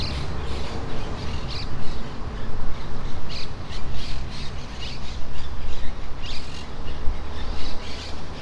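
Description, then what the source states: Monk parakeet flock squawking, grating calls in clusters, set against a continuous low-pitched rumble. In trees near the coast of Playa Ancha.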